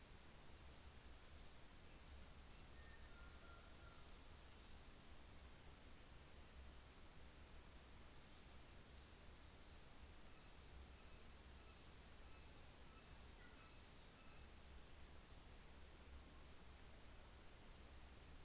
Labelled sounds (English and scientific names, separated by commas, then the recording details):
New Zealand Fantail (Rhipidura fuliginosa), North Island Saddleback (Philesturnus rufusater)
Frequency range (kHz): North Island Saddleback (Philesturnus rufusater) 1.0-4.3 kHz
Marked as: faintness 3/5, faintness 4/5
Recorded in New Zealand on 24 December 2018
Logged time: 17:45